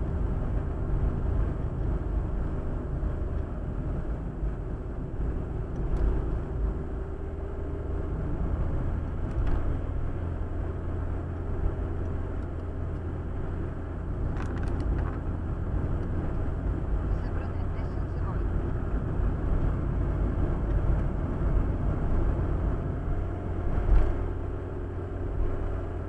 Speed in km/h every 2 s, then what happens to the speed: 46, 45, 45, 47, 50, 50, 50, 50, 51, 50, 51, 51, 52.
0-26 steady at about 50.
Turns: none.